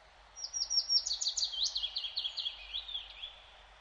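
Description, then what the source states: Willow Warbler song: a cascade of whistled notes starting high and sliding gradually lower over about three seconds, each note a quick downward slur. Nests in typical pine forest like this; also in dense energy poplar plantations, where it is practically the only bird, and in drying bogs being colonised by birch.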